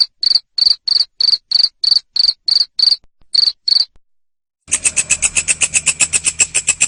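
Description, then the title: Cricket chirps, regular high buzzy pulses for about four seconds, then silence and a faster, harsher pulsed trill over a low hum. Loud cricket chirping, called ngerik, played to stimulate lovebirds to keep singing (ngekek). "Suara JANGKRIK NGERIK Keras Bikin LOVEBIRD Jadi NGEKEK Terus Vubey"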